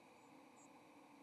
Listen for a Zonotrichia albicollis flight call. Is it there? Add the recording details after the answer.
no. Another species' flight call is heard. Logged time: 06:43 on 30 October 2014